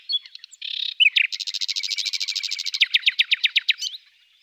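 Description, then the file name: Common nightingale song: a buzzy note, then a long rattling trill that slows into separate sharp, loud repeated notes. "Fülemülék"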